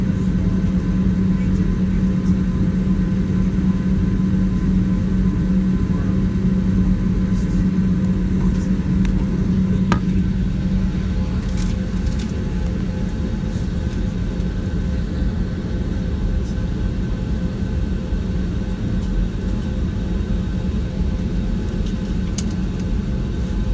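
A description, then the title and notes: Steady, heavy engine roar during a takeoff at JFK, a deep rumble with a low hum that wavers through the first half and then settles. Faint thin whines sit above it, and a brief click lands around ten seconds. Takeoff at JFK.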